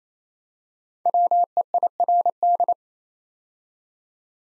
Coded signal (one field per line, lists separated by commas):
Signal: Morse code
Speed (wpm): 28 wpm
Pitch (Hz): 700 Hz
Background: none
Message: WEIRD